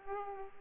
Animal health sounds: mosquito wingbeat signal from an infrared sensor; Aedes aegypti

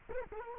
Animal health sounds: mosquito wingbeat signal from an infrared sensor; Culex quinquefasciatus

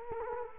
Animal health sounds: mosquito wingbeat signal from an infrared sensor; Culex quinquefasciatus

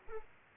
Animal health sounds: mosquito wingbeat signal from an infrared sensor; Aedes aegypti

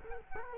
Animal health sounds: mosquito wingbeat signal from an infrared sensor; Culex quinquefasciatus

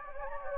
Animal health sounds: mosquito wingbeat signal from an infrared sensor; Anopheles gambiae

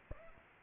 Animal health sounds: mosquito wingbeat signal from an infrared sensor; Aedes aegypti

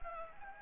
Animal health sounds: mosquito wingbeat signal from an infrared sensor; Anopheles gambiae

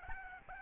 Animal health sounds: mosquito wingbeat signal from an infrared sensor; Aedes albopictus

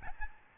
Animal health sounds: mosquito wingbeat signal from an infrared sensor; Aedes albopictus

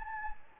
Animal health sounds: mosquito wingbeat signal from an infrared sensor; Anopheles gambiae

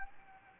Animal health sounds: mosquito wingbeat signal from an infrared sensor; Anopheles gambiae

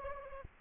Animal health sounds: mosquito wingbeat signal from an infrared sensor; Anopheles arabiensis

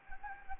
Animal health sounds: mosquito wingbeat signal from an infrared sensor; Anopheles gambiae

